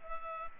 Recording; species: mosquito wingbeat signal from an infrared sensor; Culex pipiens